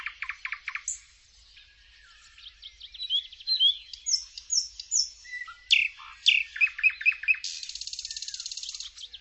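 Bird song of varied high chirps, trills and whistled notes, ending in a fast buzzy trill; no other clear sounds.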